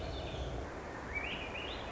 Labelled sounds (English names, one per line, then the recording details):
Swainson's Thrush
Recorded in Sonoma County, California